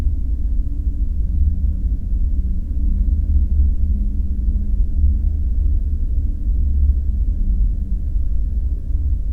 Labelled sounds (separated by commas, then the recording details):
flare stack
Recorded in the Prudhoe Bay oil fields, Alaska, on 5 September 2019 at 00:45
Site 14